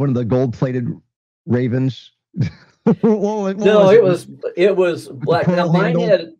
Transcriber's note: laughs